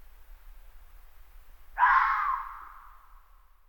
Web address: son du renard commun